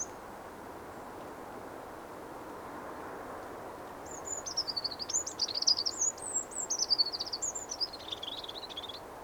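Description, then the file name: Eurasian wren song beginning after four seconds of quiet hiss: a five-second stream of quick, high, jumbled trills that rise and fall in pitch. "Troglodytes troglodytes"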